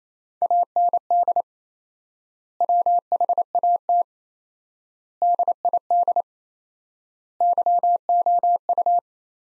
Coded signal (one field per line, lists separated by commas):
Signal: Morse code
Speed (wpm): 27 wpm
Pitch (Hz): 700 Hz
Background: none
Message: AND WHAT DID YOU